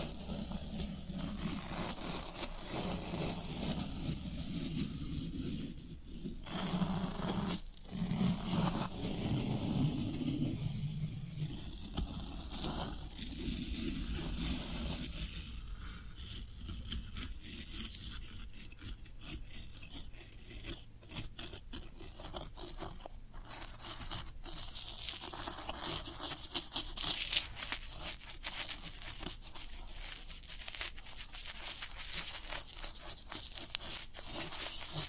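Floral foam being rubbed and scraped, a steady dense rasping with a low rumble early on and sharper crackling bursts after about fifteen seconds.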